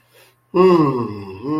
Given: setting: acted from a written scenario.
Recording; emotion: vocal sound without words; pride